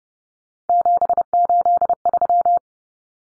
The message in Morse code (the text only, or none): 783